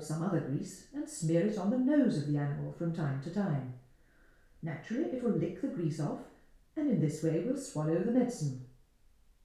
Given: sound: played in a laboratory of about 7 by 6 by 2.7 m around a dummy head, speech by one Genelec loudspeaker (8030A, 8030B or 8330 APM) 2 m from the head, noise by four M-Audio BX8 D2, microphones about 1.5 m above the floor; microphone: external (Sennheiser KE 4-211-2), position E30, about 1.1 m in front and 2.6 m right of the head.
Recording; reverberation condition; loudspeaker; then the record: female speech in English; medium; 60 degrees to the right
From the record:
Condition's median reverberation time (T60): about 510 ms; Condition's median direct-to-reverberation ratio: about -0.5 dB